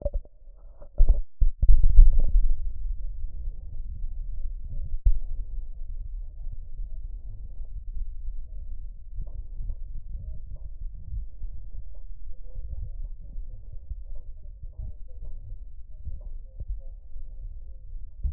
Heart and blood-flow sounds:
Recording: heart sounds by stethoscope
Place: pulmonary valve (PV)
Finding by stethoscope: normal heart sounds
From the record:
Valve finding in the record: normal valve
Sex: male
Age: 70 years

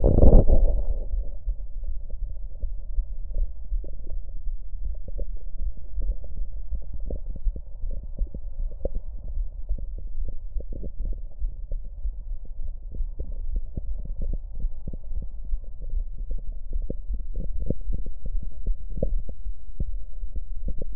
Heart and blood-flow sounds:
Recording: heart sounds by stethoscope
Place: mitral valve (MV)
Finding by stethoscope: normal heart sounds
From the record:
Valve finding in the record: mitral regurgitation, grade 2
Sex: female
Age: 57 years

